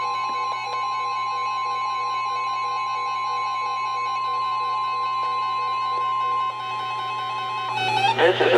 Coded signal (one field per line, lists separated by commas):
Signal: Emergency Alert System (SAME) tones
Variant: 1050 Hz attention tone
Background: music